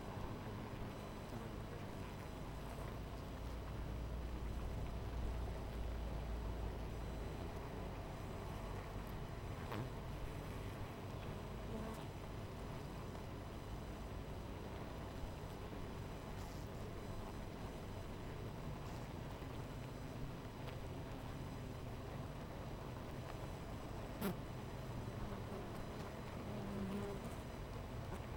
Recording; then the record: honeybee colony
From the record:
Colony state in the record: missing queen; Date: 14 July 2017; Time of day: 12:19